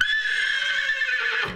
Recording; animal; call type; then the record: contact call of a hoofed animal; horse; whinny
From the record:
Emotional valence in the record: negative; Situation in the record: group separation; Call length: 1.56 s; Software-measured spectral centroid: 2700 Hz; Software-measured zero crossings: 3950 a second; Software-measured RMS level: -24 dBFS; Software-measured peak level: -9 dBFS